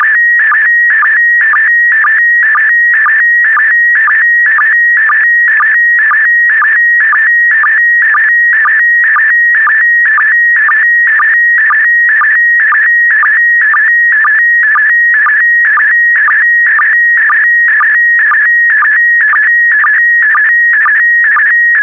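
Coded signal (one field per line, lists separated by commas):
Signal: SSTV (slow-scan television)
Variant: PD120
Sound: warbling tone around 1.9 kHz with short low blips twice a second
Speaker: Starting transmission in 5, 4, 3, 2, 1. Transmission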